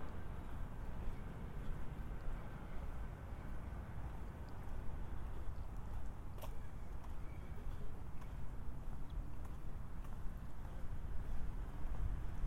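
A binaural walk through San Diego streets, with a steady low rumble of traffic, faint murmurs, and a brief sharp click around six seconds.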